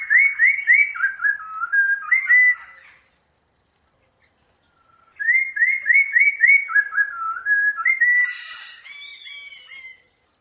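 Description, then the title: Bird song of clear whistled rising slurs repeated rapidly in two bursts with a pause between, the second ending in a harsh buzzy chatter. Birdsong used as a masteran for training songbirds. "Masteran Burung"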